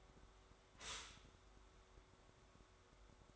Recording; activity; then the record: daily activity, microphone in the room; stop toaster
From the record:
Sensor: 3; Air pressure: 1014.7 hPa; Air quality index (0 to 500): 201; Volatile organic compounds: 26 ppm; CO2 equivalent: 2873 ppm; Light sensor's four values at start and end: 4/10/4/4 and 4/10/4/4